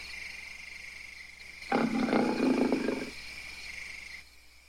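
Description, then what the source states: Ape making one low, rasping growl that rumbles for over a second against a steady background hiss. Several apes, angry, screaming and growling at length.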